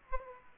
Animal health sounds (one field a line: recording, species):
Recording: mosquito wingbeat signal from an infrared sensor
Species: Aedes aegypti